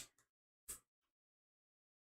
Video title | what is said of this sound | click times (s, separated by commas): Live Building Session! New Pandemic 30mm RDA! | it will easily pop off there | 0.7 s